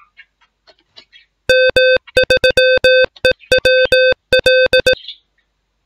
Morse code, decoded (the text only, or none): M3EWL